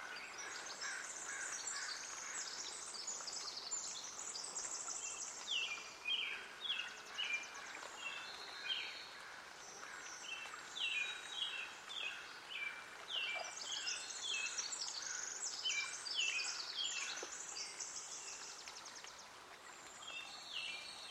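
Birdsong fills the air at Hoyt Arboretum in Portland, Oregon, with bright chirps and trills overlapping almost constantly for the whole stretch. Several birds call at once, some quick and repeated, others thin and high, over a soft steady hiss of outdoor noise.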